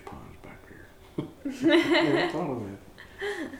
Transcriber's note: laughter